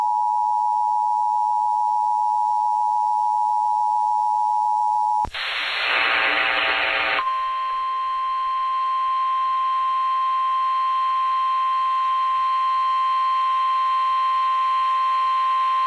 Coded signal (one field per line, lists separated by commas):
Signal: Emergency Alert System (SAME) tones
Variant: 853 and 960 Hz attention tone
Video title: EAS- TORNADO WARNING (TOR) ON KFBK-AM (Calaveras/ Tuloneme Counties)